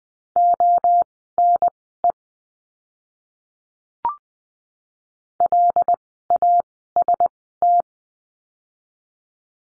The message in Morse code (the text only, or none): ONE LAST